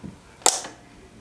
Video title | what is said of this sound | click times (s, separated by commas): How To Change Spark Plugs In A 2013-2020 Nissan Rogue | hear it now it won't come off you just want to make sure that click sound happens otherwise it could fall off | 0.5 s